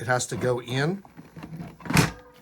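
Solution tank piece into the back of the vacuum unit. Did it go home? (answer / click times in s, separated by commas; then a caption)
yes / 2.0 s. Someone talks while the plastic solution tank piece with the switch is slid into the back of a HAUSHOF 4-gallon wet/dry/upholstery vacuum cleaner. A loud, sharp snap at 2.0 s seats it in place, locking it so it doesn't move.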